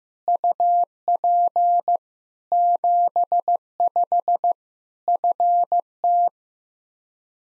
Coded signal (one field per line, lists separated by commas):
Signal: Morse code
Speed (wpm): 15 wpm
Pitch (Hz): 700 Hz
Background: none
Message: UP 75 FT